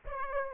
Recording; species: mosquito wingbeat signal from an infrared sensor; Aedes aegypti